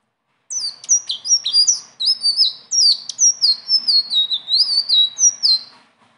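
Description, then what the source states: Leafbird song: continuous flow of bright, sliding whistles and sharp notes, varied and fast, for about five seconds without a break. Continuous rolling song (gacor, ngeroll) filled with varied phrases (isian); tutor song (masteran) for training other birds.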